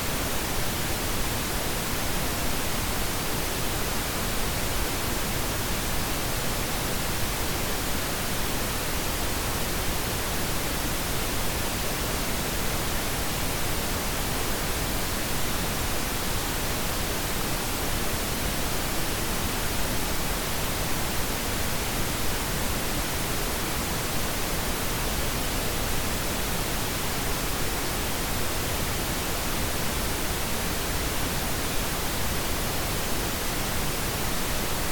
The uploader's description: Pink noise is a combination of white noise and brown noise.